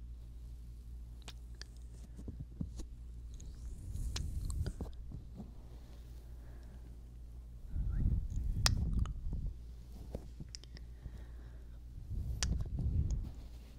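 Wet mouth sounds and kissing smacks click throughout, swelling into soft breathy bursts around four, eight and twelve seconds.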